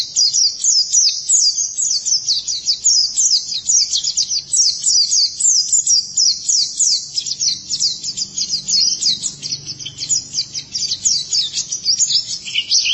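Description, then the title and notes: White-eye pouring out a loud, dense, nonstop twitter of high chirps, with some lower, rougher notes near the end and faint background rumble. "Kicauan Burung Pleci Durasi Panjang. Suara kicauan burung pleci"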